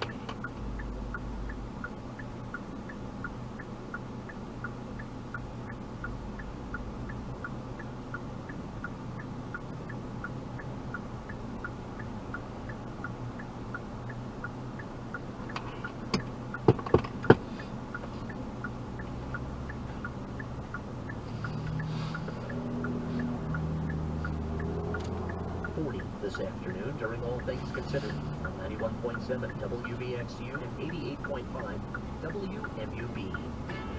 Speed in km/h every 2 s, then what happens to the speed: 0, 0, 0, 0, 0, 0, 0, 0, 0, 0, 0, 0, 0, 0, 0, 0, 0.
0-34 standing.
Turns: none.